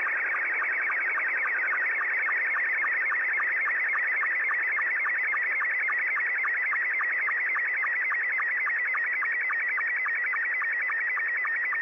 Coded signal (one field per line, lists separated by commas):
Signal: SSTV (slow-scan television)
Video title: Receiving SSTV from far away is really easy...